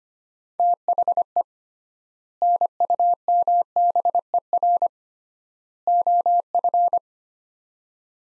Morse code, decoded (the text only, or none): THE NUMBER OF